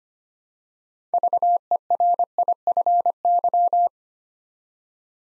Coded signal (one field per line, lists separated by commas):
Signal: Morse code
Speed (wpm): 25 wpm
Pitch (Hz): 700 Hz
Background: none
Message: VERIFY